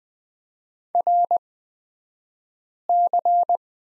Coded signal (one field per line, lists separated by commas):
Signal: Morse code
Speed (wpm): 20 wpm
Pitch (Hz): 700 Hz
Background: none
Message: RC